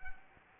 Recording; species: mosquito wingbeat signal from an infrared sensor; Anopheles arabiensis